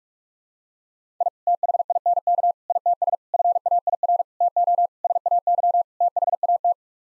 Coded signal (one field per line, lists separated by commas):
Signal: Morse code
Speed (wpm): 46 wpm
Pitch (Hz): 700 Hz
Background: none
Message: I THINK ITS FAIR TO SAY THAT